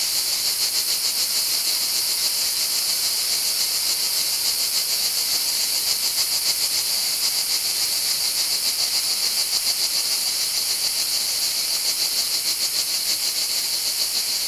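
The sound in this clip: Cicada call: a steady, shrill, high-pitched buzz that never stops, with a fast pulsing throb of several beats per second running through it.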